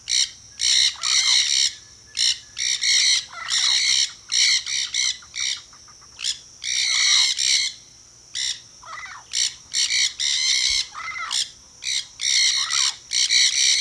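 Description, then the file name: Nanday parakeet squawks, strident raspy screeches repeated steadily in bursts, with brief gaps between volleys. "nanday parakeet"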